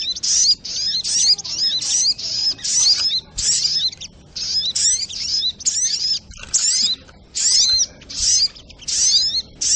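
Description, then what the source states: Spiderhunter song: bursts of high, twittering, sweeping notes, each about half a second long, repeated over and over with short gaps. Training recording (masteran) of a sogok ontong bird singing in the labaik style.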